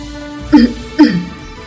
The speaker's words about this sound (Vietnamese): Bao Trưởng đã ho khan một tiếng, hung hăng liếc mắt nhìn lão